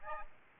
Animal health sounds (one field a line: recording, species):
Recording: mosquito wingbeat signal from an infrared sensor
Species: Aedes albopictus